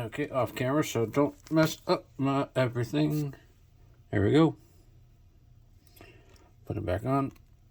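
Someone talks while handling a plastic armor piece to press it back onto the torso of a Mattel Masters of the Universe Origins action figure, with faint handling noises around 5.9 to 6.4 seconds. The clip ends before the armor goes home, and nothing has seated or clicked yet.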